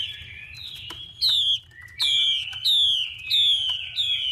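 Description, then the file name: Chinese hwamei song: loud whistled notes sliding downward, repeated several times between softer warbled phrases, with scattered sharp clicks. Female hwamei calling, a sound used to stimulate male birds. "Tieng chim hoa mi mai kich trong"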